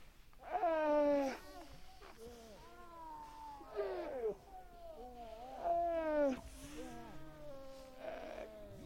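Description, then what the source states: Weddell seal calls, rich harmonic wails that rise and fall, repeated in several drawn-out bursts with quieter warbling notes between them. Mothers and pups vocalizing.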